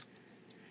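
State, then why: Seated. The toe piece on the foot of a plastic Transformers: Prime Robots in Disguise Voyager Bulkhead robot figure is flipped down during transformation. A single short, sharp click sounds at 0.5 s as the toe piece locks into place.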